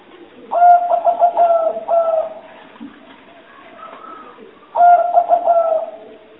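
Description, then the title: Spotted dove cooing: two stuttering phrases of rhythmic, husky coos separated by a quieter pause with faint sounds. Lure call for trapping, described as the most effective. "Pikat Burung Tekukur Paling Ampuh"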